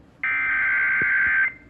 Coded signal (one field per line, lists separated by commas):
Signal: Emergency Alert System (SAME) tones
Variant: header bursts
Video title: The last of fall's floods - EAS Alerts from 10-25-23 [EAS #439-450]